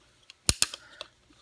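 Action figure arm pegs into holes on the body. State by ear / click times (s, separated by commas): seated / 0.5 s, 0.6 s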